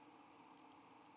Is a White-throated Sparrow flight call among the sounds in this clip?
no